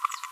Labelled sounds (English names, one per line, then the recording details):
Green-rumped Parrotlet babbling
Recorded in a nest box in Venezuela
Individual 18B25A3